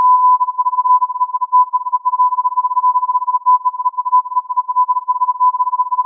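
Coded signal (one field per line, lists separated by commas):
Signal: radio time signal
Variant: Beta RJH69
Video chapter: 07:05 : Time code, on-off modulation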